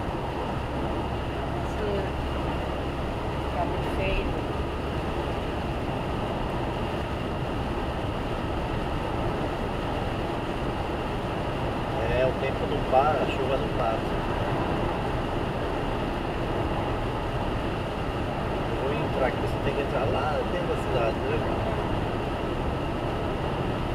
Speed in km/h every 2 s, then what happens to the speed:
106, 109, 113, 115, 118, 119, 120, 119, 118, 116, 116, 116.
0-11 speeds up to 120. 11-24 steady at about 116.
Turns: none.